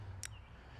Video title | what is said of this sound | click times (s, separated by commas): EOTECH Sight and Magnifier Designed for Airsoft - By SPECPRECISION | And then it locks in place again. | 0.2 s